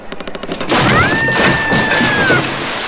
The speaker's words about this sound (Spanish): Por primera vez, era necesario hacer fila para verter los desechos, y las estructuras construidas para albergarlos empezaron a caerse por tanto peso. Finalmente, terminaron por romperse.